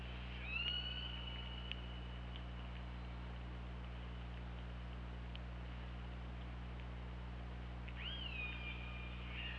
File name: Orca Lab UTLN JASON 20170824 233047 ORCALABDYNI